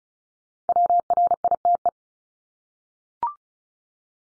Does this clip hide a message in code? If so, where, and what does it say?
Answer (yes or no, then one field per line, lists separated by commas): yes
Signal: Morse code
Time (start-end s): 0.7-1.9 s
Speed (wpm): 36 wpm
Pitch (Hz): 700 Hz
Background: none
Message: WRITE